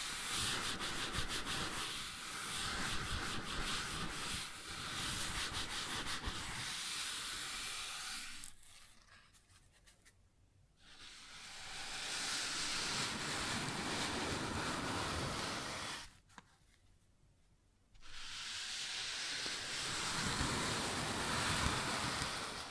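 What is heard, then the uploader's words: Rough scraping and rubbing on a wooden surface, a dense, hissing texture that fills the sound from low to bright. The rubbing runs in long strokes with brief rhythmic pulses early on, stops into near-silence around 8–11 seconds and again around 16–18 seconds, then resumes. ASMR Sounds on Wooden Surface (No Talking).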